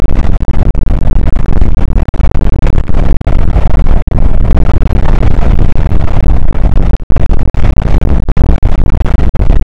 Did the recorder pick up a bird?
no